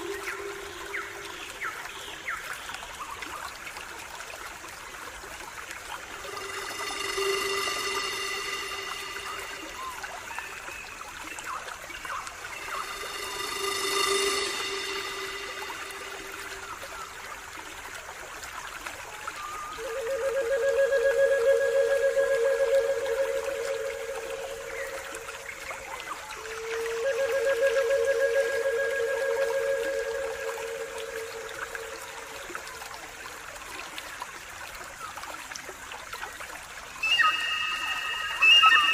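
Pan flute melodies play over a soft, steady wash of flowing water. Breathy held tones rise and fall, with brighter sustained phrases around 7 and 14 seconds and lower, fuller notes from about 20 to 33 seconds, and a new phrase entering near the end.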